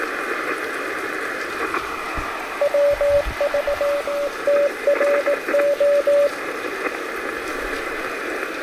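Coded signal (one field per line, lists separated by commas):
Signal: Morse code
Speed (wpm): 21 wpm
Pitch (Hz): 570 Hz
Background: radio noise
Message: WV TRO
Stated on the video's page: QRP Parks on the Air activation on a rainy day, sent with a Vibroplex Original Deluxe bug on an Elecraft K2 into an AX3 antenna.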